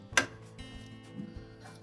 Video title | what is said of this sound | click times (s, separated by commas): Whirlpool Washer Repair – How to replace the Drain Pump | slide it in make sure it locks in place | 0.2 s